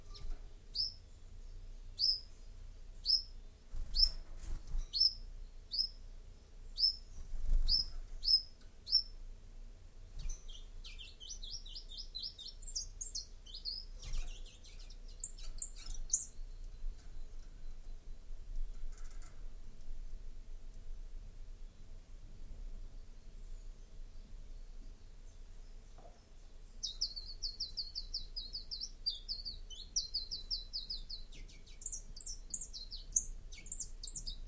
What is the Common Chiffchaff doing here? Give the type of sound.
song